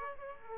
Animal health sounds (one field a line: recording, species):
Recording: mosquito wingbeat signal from an infrared sensor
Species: Aedes aegypti